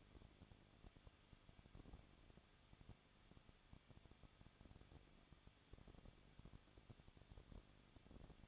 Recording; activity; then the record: daily activity, microphone in the room; no activity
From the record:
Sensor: 4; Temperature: 23.0 degrees Celsius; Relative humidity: 34.3%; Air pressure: 1007.3 hPa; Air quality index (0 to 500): 217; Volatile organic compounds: 15 ppm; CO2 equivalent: 2519 ppm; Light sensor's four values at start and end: 2/3/1/1 and 2/3/1/1